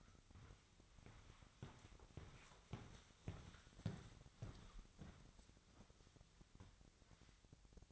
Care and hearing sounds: daily activity, microphone in the room; walk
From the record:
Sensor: 3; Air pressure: 1001.6 hPa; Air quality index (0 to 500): 225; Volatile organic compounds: 32 ppm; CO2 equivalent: 2991 ppm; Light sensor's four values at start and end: 12/38/16/14 and 12/37/16/14

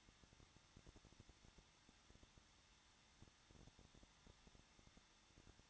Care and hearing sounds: daily activity, microphone in the room; no activity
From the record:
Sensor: 3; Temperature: 21.2 degrees Celsius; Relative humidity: 36.4%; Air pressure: 1006.4 hPa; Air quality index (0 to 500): 223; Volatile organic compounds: 43 ppm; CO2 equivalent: 3189 ppm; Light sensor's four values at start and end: 2/3/2/2 and 2/3/2/2

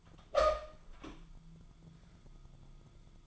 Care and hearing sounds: daily activity, microphone in the room; open door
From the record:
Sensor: 5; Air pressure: 1005.0 hPa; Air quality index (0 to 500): 96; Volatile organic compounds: 2 ppm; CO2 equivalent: 1164 ppm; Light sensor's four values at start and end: 35/81/33/31 and 35/81/33/31

